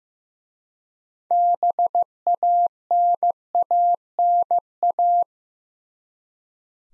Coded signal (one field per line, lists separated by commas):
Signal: Morse code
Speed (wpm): 15 wpm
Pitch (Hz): 700 Hz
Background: none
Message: BANANA